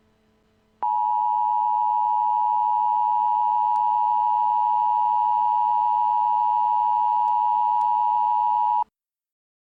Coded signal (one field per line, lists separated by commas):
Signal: Emergency Alert System (SAME) tones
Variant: 853 and 960 Hz attention tone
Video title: EAS Scenario special: Santarmageddon